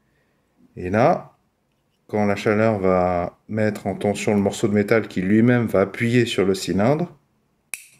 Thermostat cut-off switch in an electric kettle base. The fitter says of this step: voilà. Et c'est ce clac que vous entendez quand